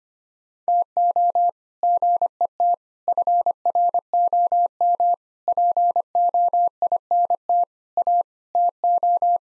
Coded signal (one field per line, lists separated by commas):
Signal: Morse code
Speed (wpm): 25 wpm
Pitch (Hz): 700 Hz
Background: none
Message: TO GET FROM POINT A TO